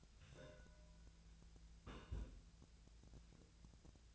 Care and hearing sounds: daily activity, microphone in the room; place on stove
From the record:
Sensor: 2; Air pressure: 1009.8 hPa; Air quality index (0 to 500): 181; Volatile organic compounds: 11 ppm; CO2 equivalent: 2267 ppm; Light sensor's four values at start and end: 30/73/32/35 and 30/73/32/35

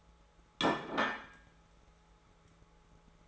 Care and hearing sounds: daily activity, microphone in the room; place plate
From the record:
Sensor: 3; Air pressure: 1015.0 hPa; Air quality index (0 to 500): 209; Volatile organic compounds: 34 ppm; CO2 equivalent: 3045 ppm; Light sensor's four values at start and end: 31/77/33/35 and 30/75/32/34

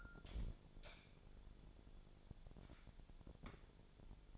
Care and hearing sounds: daily activity, microphone in the room; light on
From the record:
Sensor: 5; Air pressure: 1000.2 hPa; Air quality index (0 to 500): 106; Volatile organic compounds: 1 ppm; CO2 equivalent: 860 ppm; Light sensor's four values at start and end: 222/524/226/250 and 221/523/225/249

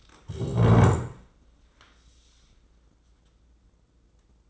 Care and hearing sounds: daily activity, microphone in the room; stand up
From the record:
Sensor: 3

